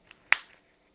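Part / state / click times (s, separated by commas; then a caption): press snap fastener into its mating half on a fabric earbuds holder / seated / 0.3 s. A faux leather or cork earbuds holder is folded and wrapped around, and its sewn-on press snap fastener is pushed into its mating half. A faint tick at 0.1 s comes before one sharp snap at 0.3 s, which rings briefly and fades by about 0.6 s. The snap clicks shut and seats in place as it should.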